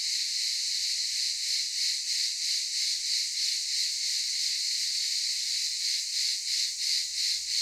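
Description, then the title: Cicadas droning in a harsh high buzz, pulsing rhythmically about three times per second, with a soft click near the start. Cicadas calling in daytime at a camp in Çıralı, Kemer, Antalya, Turkey. "Ulupınar Mahallesi, Çıralı Yolu, 07980 Kemer/Antalya, Turkey - Cicadas daytime"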